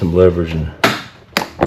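A plastic engine cover on a 2010–2014 VW 2.5 L is pressed down with leverage onto its ball-stud mounting clips after a spark plug and coil job while someone talks. A sharp snap rings out at 1.4 s, with a second, quieter snap near 1.7 s, and the cover is seated on its clips.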